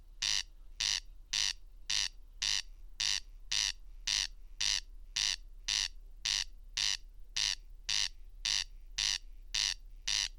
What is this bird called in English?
Corn Crake